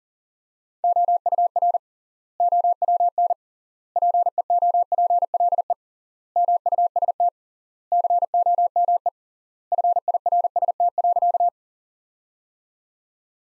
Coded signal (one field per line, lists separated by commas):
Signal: Morse code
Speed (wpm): 40 wpm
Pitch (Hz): 700 Hz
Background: none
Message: OUR OWN PEOPLE MUST COME FIRST.